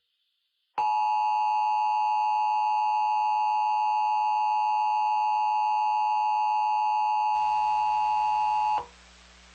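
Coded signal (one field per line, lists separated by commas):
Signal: Emergency Alert System (SAME) tones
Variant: 853 and 960 Hz attention tone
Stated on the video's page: Fictional EAS scenario remake about a blizzard; simulated alert.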